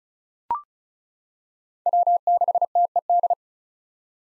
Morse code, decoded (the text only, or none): W6TED